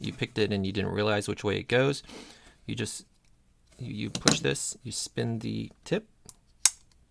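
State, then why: Seated. Someone talks while pushing and spinning the tip of a plug spinner tool into the tool's body. A single sharp click is heard at 6.7 s as the tip snaps and locks into place.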